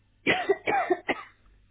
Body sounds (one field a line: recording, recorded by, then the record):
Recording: voluntary cough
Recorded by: telephone call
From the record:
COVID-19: positive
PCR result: checked with the laboratory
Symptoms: yes